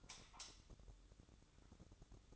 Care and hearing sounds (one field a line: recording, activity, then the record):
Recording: daily activity, microphone in the room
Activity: light off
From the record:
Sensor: 3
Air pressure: 1007.9 hPa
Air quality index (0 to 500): 110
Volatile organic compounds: 1 ppm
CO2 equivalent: 917 ppm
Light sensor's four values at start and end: 16/43/19/17 and 10/24/10/10